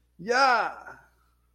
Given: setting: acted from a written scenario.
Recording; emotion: vocal sound without words; pride